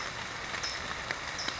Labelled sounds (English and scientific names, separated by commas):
California Towhee (Melozone crissalis)